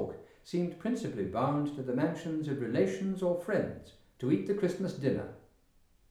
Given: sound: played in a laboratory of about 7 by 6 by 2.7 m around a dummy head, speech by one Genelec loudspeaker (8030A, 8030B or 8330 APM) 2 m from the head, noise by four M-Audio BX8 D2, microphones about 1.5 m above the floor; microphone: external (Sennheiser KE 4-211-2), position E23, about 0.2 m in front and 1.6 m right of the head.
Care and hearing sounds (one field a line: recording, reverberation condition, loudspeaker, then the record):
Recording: male speech in English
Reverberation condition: medium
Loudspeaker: 120 degrees to the right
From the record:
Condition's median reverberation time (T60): about 510 ms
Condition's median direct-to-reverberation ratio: about -0.5 dB